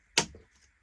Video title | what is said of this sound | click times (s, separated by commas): How to Store Display Loungefly Collection - Space is the Biggest Issue | and you just want to hear those pops. | 0.2 s